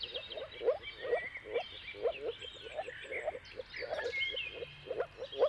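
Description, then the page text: Moor frog mating calls, short soft woofing croaks repeated several times a second in a steady series, with birds singing and chirping in the background. Moor frogs in a mating chorus at sunrise at the turn of March and April, timing depending on the weather. "Dawn’s Chorus: Mating Calls of Marsh Frogs at Sunrise. Depending on the weather at the turn of March and April, you can witness an amazing spectacle of moor frogs. earth.fm"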